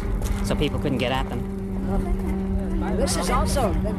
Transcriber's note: an airplane is heard overhead